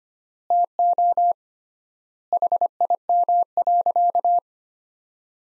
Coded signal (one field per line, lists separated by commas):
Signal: Morse code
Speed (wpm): 25 wpm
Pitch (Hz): 700 Hz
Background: none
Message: TO HIM.